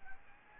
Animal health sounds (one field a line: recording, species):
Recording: mosquito wingbeat signal from an infrared sensor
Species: Aedes albopictus